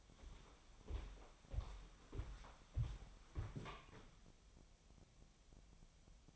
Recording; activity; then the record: daily activity, microphone in the room; walk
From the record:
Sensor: 1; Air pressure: 1015.4 hPa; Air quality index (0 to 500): 123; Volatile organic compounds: 4 ppm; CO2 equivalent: 1693 ppm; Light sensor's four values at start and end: 15/36/15/17 and 15/37/15/17